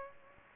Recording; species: mosquito wingbeat signal from an infrared sensor; Aedes aegypti